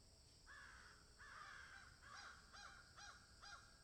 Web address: Debarup Travel Films - Crows Caw in Field